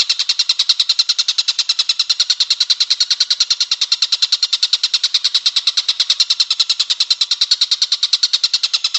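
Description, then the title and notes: Bird song made of rapid, very regular high chirping pulses, continuing steadily from start to end. Masteran compilation of bird song, used as training for caged songbirds. "Kumpulan Masteran Burung"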